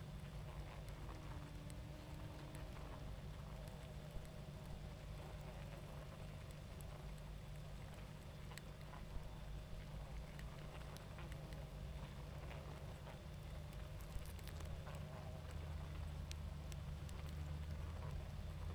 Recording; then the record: honeybee colony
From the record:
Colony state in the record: active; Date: 28 July 2017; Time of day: 21:42